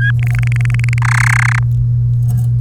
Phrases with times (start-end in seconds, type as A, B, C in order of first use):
0.19-0.98 A, 1.02-1.59 B